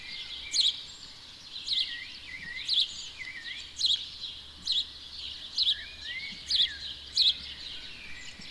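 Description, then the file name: House sparrow giving steady, emphatic chirps roughly every second, with softer slurred calls in between. "Passer domesticus"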